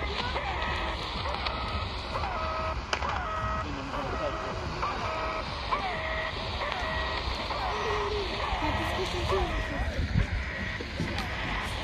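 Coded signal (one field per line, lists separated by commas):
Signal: channel marker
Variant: The Goose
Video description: 4310 kHz AM - "The Goose" Russian Military station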